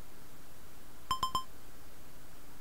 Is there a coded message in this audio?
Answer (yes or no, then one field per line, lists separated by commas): no